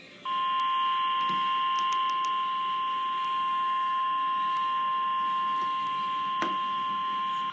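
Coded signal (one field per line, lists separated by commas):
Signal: Emergency Alert System (SAME) tones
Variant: 1050 Hz attention tone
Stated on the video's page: Required Weekly Test from a NOAA Weather Radio transmitter, heard via the WJON-IP internet stream.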